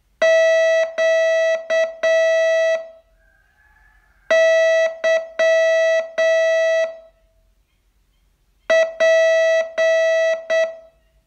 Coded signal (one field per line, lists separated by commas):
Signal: Morse code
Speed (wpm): 8 wpm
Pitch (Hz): 650 Hz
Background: music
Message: QYP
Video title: Learn Morse in 42 Days from VU2LAU - day 30